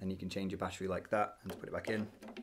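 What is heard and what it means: Someone talks while handling the pop-out battery compartment of the preamp on an Alvarez MFA66CESHB Masterworks OM electro-acoustic guitar, with the battery just changed and the compartment about to be pushed back into the body. No click from its plastic latch is heard; the compartment has not seated or clicked home yet.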